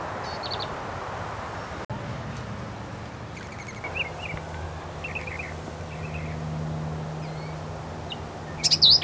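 Black-capped vireo song: short, scratchy, varied high phrases given in bursts, with a steady low hum underneath and a louder phrase at the end.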